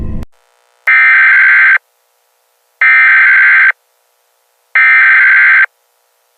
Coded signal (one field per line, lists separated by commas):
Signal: Emergency Alert System (SAME) tones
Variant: header bursts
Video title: EAS 4: Wasting Away